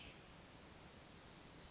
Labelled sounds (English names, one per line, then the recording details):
Cassin's Vireo
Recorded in Sonoma County, California